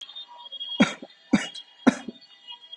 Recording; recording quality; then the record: heavy voluntary cough; moderate, slight background noise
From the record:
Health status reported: healthy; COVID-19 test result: not tested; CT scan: not taken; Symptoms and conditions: none ticked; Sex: male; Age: 25 years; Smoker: no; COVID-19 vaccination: both doses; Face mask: worn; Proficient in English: yes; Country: India